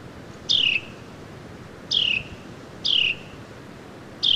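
Carolina wren calls: four short, descending raspy notes spaced about a second apart over steady background hiss.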